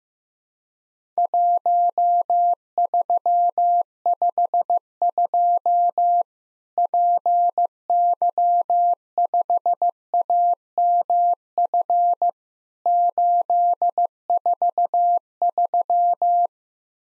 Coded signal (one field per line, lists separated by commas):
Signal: Morse code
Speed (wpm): 15 wpm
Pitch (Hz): 700 Hz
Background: none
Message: 1352 PY5AMF 843